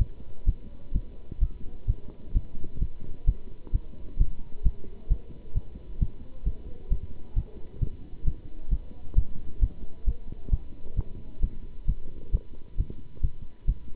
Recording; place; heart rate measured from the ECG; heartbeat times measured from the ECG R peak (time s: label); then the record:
heart sounds by stethoscope; between the tricuspid and mitral areas; 132 bpm
0.45 s: heartbeat
0.92 s: heartbeat
1.39 s: heartbeat
1.86 s: heartbeat
2.33 s: heartbeat
2.79 s: heartbeat
3.25 s: heartbeat
3.72 s: heartbeat
4.17 s: heartbeat
4.62 s: heartbeat
5.08 s: heartbeat
5.54 s: heartbeat
5.99 s: heartbeat
6.44 s: heartbeat
6.89 s: heartbeat
7.34 s: heartbeat
7.79 s: heartbeat
8.24 s: heartbeat
8.69 s: heartbeat
9.15 s: heartbeat
9.60 s: heartbeat
10.05 s: heartbeat
10.50 s: heartbeat
10.95 s: heartbeat
11.40 s: heartbeat
11.86 s: heartbeat
12.31 s: heartbeat
12.76 s: heartbeat
13.21 s: heartbeat
13.66 s: heartbeat
From the record:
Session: pedaling a stationary bicycle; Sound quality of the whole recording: good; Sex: male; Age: 27 years